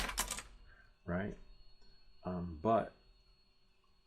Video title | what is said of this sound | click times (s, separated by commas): How to - Live Q and A Update - 3d print of the week | it's not seated all the way in | 0.2 s, 0.3 s